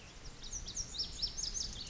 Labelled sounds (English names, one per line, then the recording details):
Lazuli Bunting
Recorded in Sonoma County, California